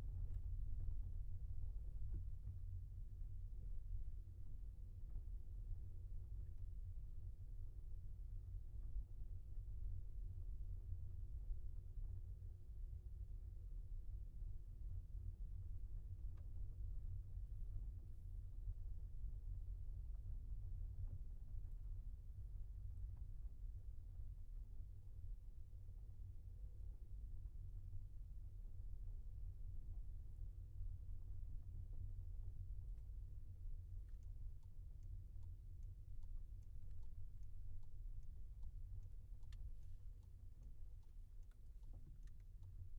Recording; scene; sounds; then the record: everyday scene through a hearing-aid microphone; in a vehicle; engine, rumble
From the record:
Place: Skoda Fabia, gasoline engine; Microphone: behind the ear, left, front